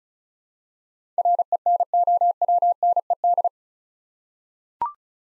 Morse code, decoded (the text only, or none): RENOWNED